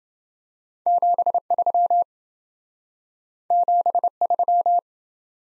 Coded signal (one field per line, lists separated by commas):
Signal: Morse code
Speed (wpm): 27 wpm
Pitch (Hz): 700 Hz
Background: none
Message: 73 73